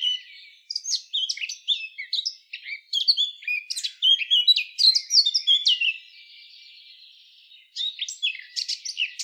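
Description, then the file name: Eurasian blackcap giving a rapid, varied warbling song of scratchy and whistled notes, then a softer buzzy stretch before the song resumes. "Sylvia atricapilla"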